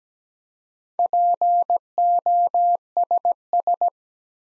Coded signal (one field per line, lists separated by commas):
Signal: Morse code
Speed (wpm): 17 wpm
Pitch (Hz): 700 Hz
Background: none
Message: POSS